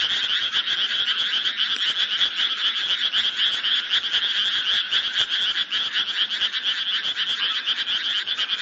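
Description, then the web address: Frog chorus of many overlapping croaks forming an unbroken buzzing, pulsed din that holds steady throughout, with nothing else standing out. "ayase frog"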